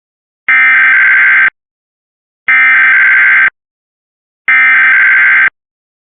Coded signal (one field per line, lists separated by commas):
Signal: Emergency Alert System (SAME) tones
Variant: header bursts